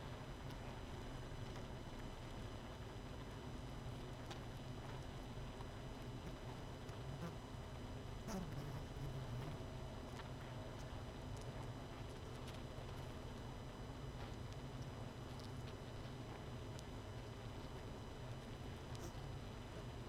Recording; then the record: honeybee colony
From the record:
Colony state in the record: missing queen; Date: 31 May 2018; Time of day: 21:45